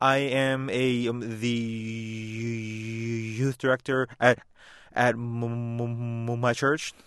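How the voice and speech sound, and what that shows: An adult man who stutters, in speech therapy for several years, says a short sentence with long drawn-out sounds, a silent block of over a second mid-phrase, and a repeated 'm' before 'my'. These prolongations, blocks and repetitions are typical of adult stuttering; saying his own name gives him the most trouble.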